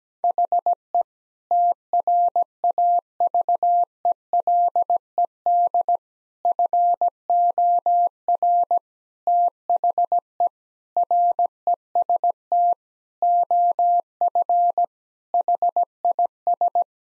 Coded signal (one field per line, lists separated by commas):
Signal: Morse code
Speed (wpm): 17 wpm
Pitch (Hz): 700 Hz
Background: none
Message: HE TRAVELED FOR THE REST OF HIS